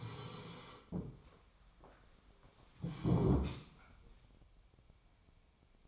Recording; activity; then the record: daily activity, microphone in the room; sit down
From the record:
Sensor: 1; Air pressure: 1015.2 hPa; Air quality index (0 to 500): 198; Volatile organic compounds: 23 ppm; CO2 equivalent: 2769 ppm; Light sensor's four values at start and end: 13/31/13/14 and 13/31/13/14